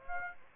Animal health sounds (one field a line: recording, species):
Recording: mosquito wingbeat signal from an infrared sensor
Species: Aedes aegypti